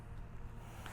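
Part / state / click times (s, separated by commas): wing riser carabiner into paramotor harness / seated / 0.9 s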